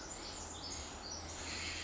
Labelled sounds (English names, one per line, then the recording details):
Pacific Wren
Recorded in Sonoma County, California